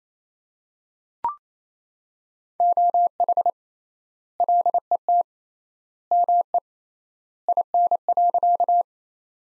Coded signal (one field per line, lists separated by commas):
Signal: Morse code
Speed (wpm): 27 wpm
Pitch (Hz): 700 Hz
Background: none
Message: OH LET ME IN.